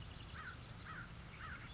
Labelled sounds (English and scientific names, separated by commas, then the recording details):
American Crow (Corvus brachyrhynchos)
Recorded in Sonoma County, California